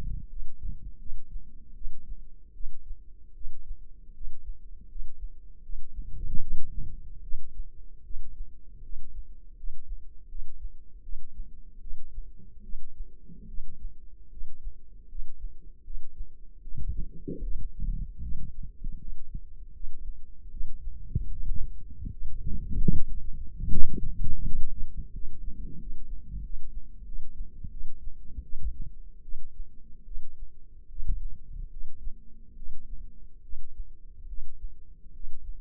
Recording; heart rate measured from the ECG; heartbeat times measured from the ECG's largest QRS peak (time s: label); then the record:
heart sounds by microphone in the left ear; 78 bpm
0.28 s: heartbeat
0.98 s: heartbeat
1.74 s: heartbeat
2.53 s: heartbeat
3.33 s: heartbeat
4.12 s: heartbeat
4.87 s: heartbeat
5.61 s: heartbeat
6.40 s: heartbeat
7.21 s: heartbeat
8.02 s: heartbeat
8.81 s: heartbeat
9.55 s: heartbeat
10.27 s: heartbeat
11.01 s: heartbeat
11.79 s: heartbeat
12.61 s: heartbeat
13.46 s: heartbeat
14.29 s: heartbeat
15.07 s: heartbeat
15.82 s: heartbeat
16.60 s: heartbeat
17.40 s: heartbeat
18.20 s: heartbeat
18.97 s: heartbeat
19.72 s: heartbeat
20.49 s: heartbeat
21.29 s: heartbeat
22.10 s: heartbeat
22.90 s: heartbeat
23.68 s: heartbeat
24.43 s: heartbeat
25.11 s: heartbeat
25.77 s: heartbeat
26.41 s: heartbeat
27.04 s: heartbeat
27.69 s: heartbeat
28.41 s: heartbeat
29.21 s: heartbeat
30.04 s: heartbeat
30.87 s: heartbeat
31.69 s: heartbeat
32.54 s: heartbeat
33.41 s: heartbeat
34.26 s: heartbeat
35.11 s: heartbeat
From the record:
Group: healthy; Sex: female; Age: 19 years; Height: 163 cm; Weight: 51 kg